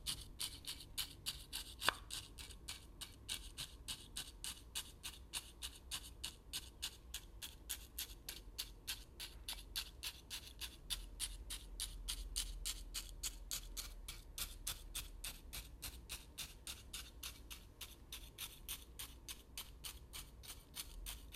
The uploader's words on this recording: Stirring, Stabbing RICE, CORN, OATS, CHIA SEEDS. かき混ぜる、刺す。お米・コーン・オーツ・チアシード.